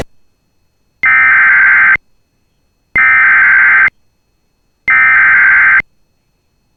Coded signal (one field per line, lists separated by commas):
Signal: Emergency Alert System (SAME) tones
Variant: header bursts